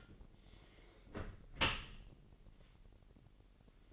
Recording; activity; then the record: daily activity, microphone in the room; close dishwasher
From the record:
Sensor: 4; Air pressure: 1001.5 hPa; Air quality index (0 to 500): 248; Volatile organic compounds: 41 ppm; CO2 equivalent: 3172 ppm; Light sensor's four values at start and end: 8/18/7/7 and 8/18/7/7